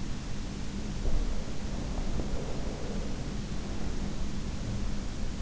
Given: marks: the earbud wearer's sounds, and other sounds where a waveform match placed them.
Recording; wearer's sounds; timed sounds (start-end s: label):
sounds in sleep by an in-ear microphone; breath
1.05-4.70 s: breath